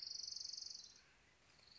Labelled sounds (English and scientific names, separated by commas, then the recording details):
Orange-crowned Warbler (Leiothlypis celata)
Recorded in Sonoma County, California